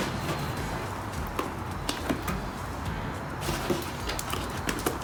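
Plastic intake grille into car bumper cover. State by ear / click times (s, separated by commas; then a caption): not seated / none. The plastic intake grille is being handled and pushed against the bumper cover of a 1999 Porsche Boxster during radiator cleaning, with short sharp taps near 1.4 s and 4.7 s over steady background noise and music. Nothing has seated or clicked into place yet.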